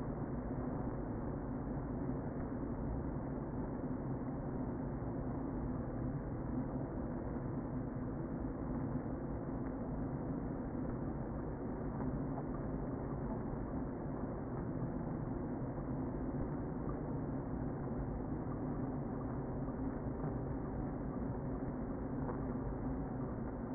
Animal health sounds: honeybee colony, microphone inside the hive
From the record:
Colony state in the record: queen present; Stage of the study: before two queens were removed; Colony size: about 60,000 bees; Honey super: yes

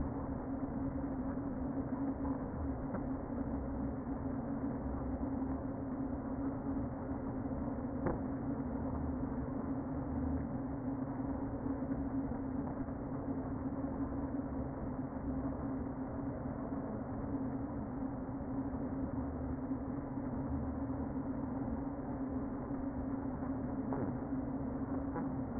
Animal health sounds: honeybee colony, microphone inside the hive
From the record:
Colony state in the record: queen present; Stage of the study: before two queens were removed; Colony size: about 60,000 bees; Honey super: yes

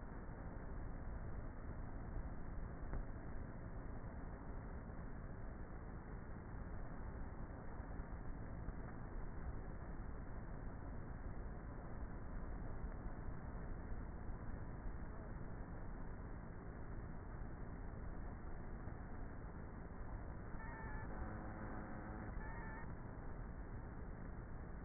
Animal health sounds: honeybee colony, microphone inside the hive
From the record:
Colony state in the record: queenless with a low population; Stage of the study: before two queens were removed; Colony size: about 30,000 bees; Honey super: no

